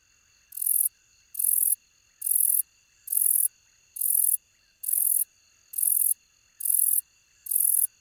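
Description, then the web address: Robust shieldback katydid singing a series of harsh, hissing buzzes, each under half a second, evenly spaced about once a second, with a thin constant background whine. "The Songs of Insects. Robust Shieldback Katydid"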